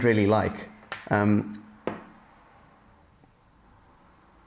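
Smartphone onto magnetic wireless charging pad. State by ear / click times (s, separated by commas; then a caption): seated / 1.9 s. A phone in a clear case is set onto an Apple MagSafe Duo magnetic wireless charging pad while someone talks, then a sharp snap is heard at 1.9 s as the phone seats into place. After the snap, only quiet background remains.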